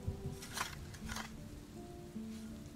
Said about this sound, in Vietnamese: Trời vẫn đổ cơn mưa lạnh buốt.